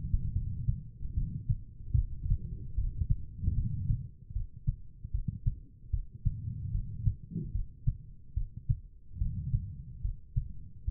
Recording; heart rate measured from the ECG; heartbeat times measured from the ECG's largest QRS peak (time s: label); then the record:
heart sounds by stethoscope; 74 bpm
0.32 s: heartbeat
1.13 s: heartbeat
1.94 s: heartbeat
2.74 s: heartbeat
3.54 s: heartbeat
4.32 s: heartbeat
5.10 s: heartbeat
5.90 s: heartbeat
6.70 s: heartbeat
7.51 s: heartbeat
8.33 s: heartbeat
9.17 s: heartbeat
10.01 s: heartbeat
10.84 s: heartbeat
From the record:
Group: healthy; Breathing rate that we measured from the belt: 19 breaths a minute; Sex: female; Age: 43 years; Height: 160 cm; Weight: 90 kg